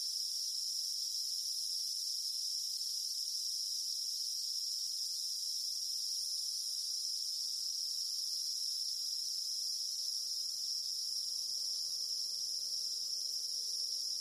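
Cicada song, a steady, piercing buzz holding one high pitch throughout.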